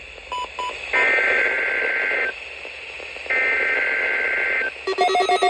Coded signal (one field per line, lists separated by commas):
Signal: Emergency Alert System (SAME) tones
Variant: header bursts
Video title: (Live voice) EAS Required Weekly Test on NOAA Radios (8/4/2022) EAS #166 (FIXED WR-100 RWT)